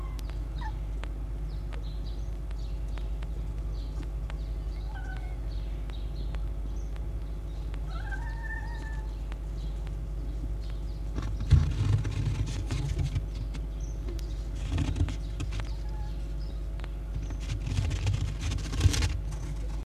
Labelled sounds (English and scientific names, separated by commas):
Red Fox (Vulpes vulpes)